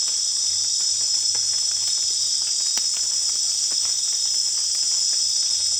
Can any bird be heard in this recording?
no